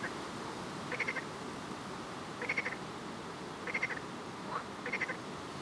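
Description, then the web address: Frog giving short rattling trills about every 1.3 seconds, a faint lower croak once between them, over constant background hiss. "Soundscape Frog 1"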